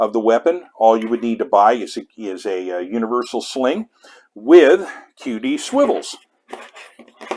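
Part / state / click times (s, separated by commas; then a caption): QD sling swivel into rifle sling socket / seated / 7.3 s. Someone talks while a quick-detach sling swivel is pushed into the hardpoint sling socket on a rifle. A few faint clicks follow at the end. The swivel snaps into place and seats with a click at 7.3 s.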